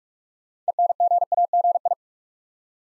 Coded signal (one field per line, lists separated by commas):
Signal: Morse code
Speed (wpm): 44 wpm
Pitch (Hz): 700 Hz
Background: none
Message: ENGAGI